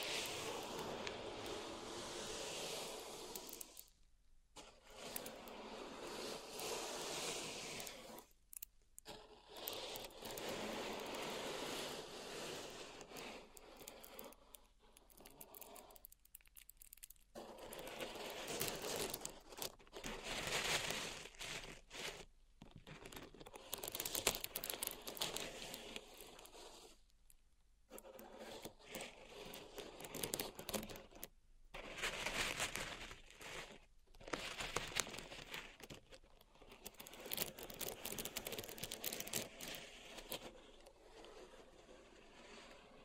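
Pink salt in a zen garden is raked and scraped in long, dense, gritty passes with a fine crackling, bright hiss. Strokes run several seconds each, broken by brief silent pauses near 4, 9, 16, 27 and 31 seconds, with loudness rising and falling.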